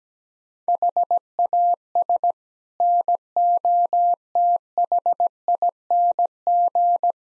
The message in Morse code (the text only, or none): HAS NOTHING